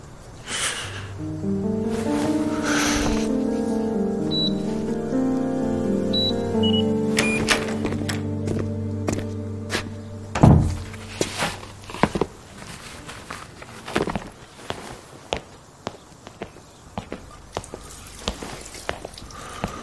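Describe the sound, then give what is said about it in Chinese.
A few short, high electronic beeps from a fingerprint door lock sound over a droning motorized whir, followed by a loud clunk and a scatter of sharp clicks and knocks as the door unlatches and opens. “放手，我要用指纹开门。”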